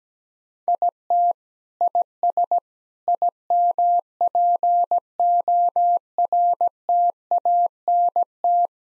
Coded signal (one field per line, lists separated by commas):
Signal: Morse code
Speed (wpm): 17 wpm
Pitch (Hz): 700 Hz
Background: none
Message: IT IS IMPORTANT